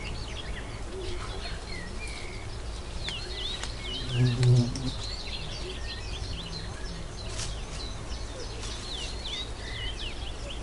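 Woodland ambience with frequent chirping birdsong over a steady low rumble, and a brief louder thump-like burst around four seconds.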